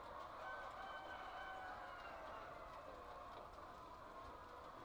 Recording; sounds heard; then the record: poultry house recording; healthy chickens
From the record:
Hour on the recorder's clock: 8